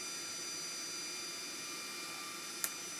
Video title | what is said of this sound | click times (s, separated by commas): The NEW Volume Wheel for GBA | And then you hear that click and basically it's uh | 2.6 s